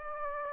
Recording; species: mosquito wingbeat signal from an infrared sensor; Aedes aegypti